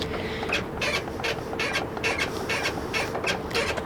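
Someone works the tailgate handle on a pickup truck bed, and the tailgate latch answers with a series of repeated rattles and clunks. The latch fails to release, and nothing has clicked or unlatched by the end of the clip.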